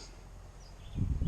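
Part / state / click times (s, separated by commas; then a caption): stove-top vent cover into range hood housing / not seated / none. The stove-top vent cover of a 2020 Jayco Eagle HT 28.5RSTS fifth wheel is pushed closed into the range hood housing for travel. A steady low background hum becomes louder, low rumbling handling noise from about 0.9 s. Nothing has seated or clicked yet when the clip ends.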